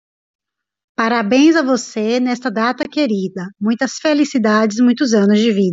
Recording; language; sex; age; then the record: short text; Brazilian Portuguese; female; 30 to 39 years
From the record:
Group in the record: control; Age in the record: 35 years